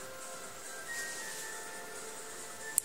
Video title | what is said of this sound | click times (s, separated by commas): Stationery_2 | γράφεις δηλαδή κουμπώνει από πίσω γράφεις πάντα capt δηλαδή | 2.8 s